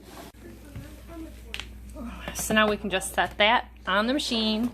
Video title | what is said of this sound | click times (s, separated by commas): Bissel Clearview Bagless Vacuum Cleaner Low suction/ clogged filters/ brush roll/ bad belt | so we're just gonna put that up in there and twist until you hear it click | 1.5 s